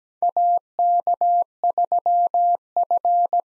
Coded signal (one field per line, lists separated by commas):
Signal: Morse code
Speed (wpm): 17 wpm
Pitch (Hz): 700 Hz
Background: none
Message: AK3F